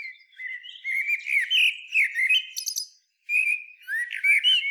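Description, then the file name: Common blackbird song: rich, fluted warbled phrases ending in high scratchy twitters, a short pause, then another mellow phrase begins. "Turdus merula"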